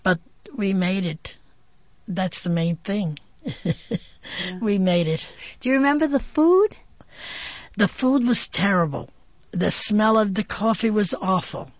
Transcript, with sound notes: But we made it. That's the main thing. (she laughs) We made it.
Do you remember the food?
The food was terrible. The smell of the coffee was awful.